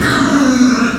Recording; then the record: squeal of a Yucatan mini pig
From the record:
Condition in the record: after surgery on the right vocal fold (resection and tissue-engineered implant); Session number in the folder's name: 7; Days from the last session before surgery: 47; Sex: female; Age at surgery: 19 weeks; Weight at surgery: 25 kg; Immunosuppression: prednisolone